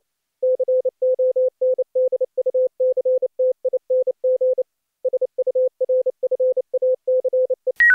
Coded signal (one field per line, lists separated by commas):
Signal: Morse code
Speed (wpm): 28 wpm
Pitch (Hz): 510 Hz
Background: none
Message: CONDUCTING SURFACE